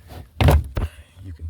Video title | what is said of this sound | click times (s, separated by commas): 2006-2011 (8th generation) Honda Civic 1.8L Fuel pump REPLACEMENT | Get your fingers back here and you can just You hear it snap. | 0.4 s